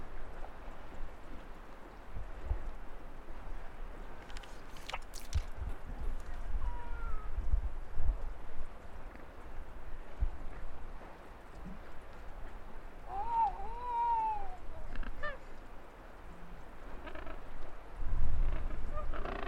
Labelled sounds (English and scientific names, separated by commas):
Gentoo Penguin (Pygoscelis papua) call